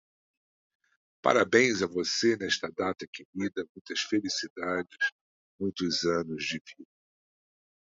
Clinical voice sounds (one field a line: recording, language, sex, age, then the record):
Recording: short text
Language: Brazilian Portuguese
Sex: male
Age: 50 to 59 years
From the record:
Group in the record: control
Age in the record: 54 years